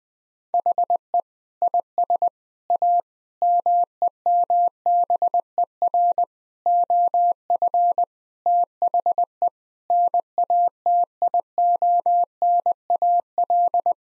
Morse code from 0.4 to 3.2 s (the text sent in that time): HE IS A